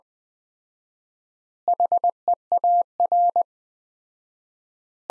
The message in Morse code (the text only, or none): HEAR